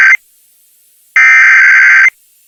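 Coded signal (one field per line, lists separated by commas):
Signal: Emergency Alert System (SAME) tones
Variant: header bursts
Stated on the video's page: Tornado warning received on KFBK-AM via live stream.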